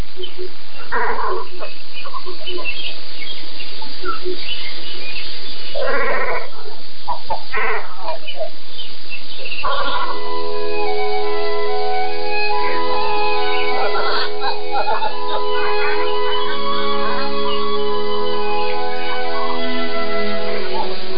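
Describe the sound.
Great cormorants at their roost about 400 metres away across Lake Yunishigawa, a quiet lake surrounded by mountains, give hoarse, guttural croaks in short irregular bursts, later joined by overlapping drawn-out harmonic calls that build into a steady chorus of rough grunting voices.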